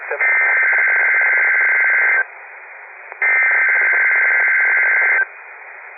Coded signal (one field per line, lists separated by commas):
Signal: Emergency Alert System (SAME) tones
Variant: header bursts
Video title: Required Weekly Test EAS 83-85